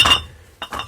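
A steel ball bearing is tapped lightly with a hammer into a steel tube housing on a home-made auger branch shredder for a Zubr 105 walk-behind tractor. A sharp metallic clink opens the clip and fades, then a second sharp clink comes at 0.6 s, followed by another strike. The bearing seats at 0.6 s and is in place.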